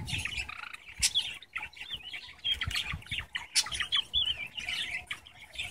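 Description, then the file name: Java sparrow song, a dense run of sharp clicking and twittering notes, nearly continuous with brief pauses. "java finch sound"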